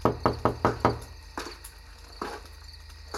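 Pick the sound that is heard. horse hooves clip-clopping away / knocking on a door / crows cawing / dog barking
knocking on a door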